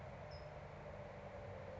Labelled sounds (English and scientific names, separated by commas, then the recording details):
California Towhee (Melozone crissalis)
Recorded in Sonoma County, California